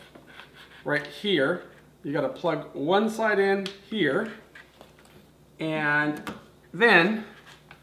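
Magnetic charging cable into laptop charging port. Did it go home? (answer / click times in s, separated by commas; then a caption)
no / none. While a MacBook Pro laptop is being unboxed, a magnetic charging cable is handled toward the laptop's charging port as someone talks, with a few faint handling taps between phrases. Nothing has seated or clicked yet.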